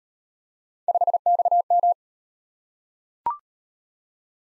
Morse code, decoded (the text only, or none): 5XM